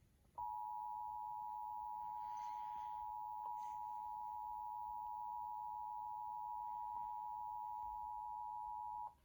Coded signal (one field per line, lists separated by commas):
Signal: Emergency Alert System (SAME) tones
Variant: 853 and 960 Hz attention tone